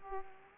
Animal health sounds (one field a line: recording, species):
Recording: mosquito wingbeat signal from an infrared sensor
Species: Aedes aegypti